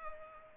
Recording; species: mosquito wingbeat signal from an infrared sensor; Culex pipiens